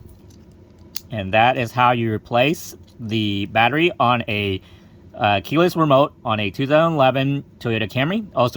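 The internal metal emergency key is slid back into the slot of the reassembled plastic keyless remote fob of a 2011 Toyota Camry after its battery replacement. Soft sliding scrapes at about 0.1, 0.3 and 0.5 seconds lead to a sharp, loud click at 1.0 seconds as the key latches and seats. Someone then talks for the rest of the clip.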